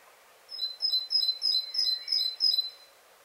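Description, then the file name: Great tit song: seven evenly spaced two-note phrases, high then lower, with a faint sliding whistle beneath the middle of the phrase. "Parus major"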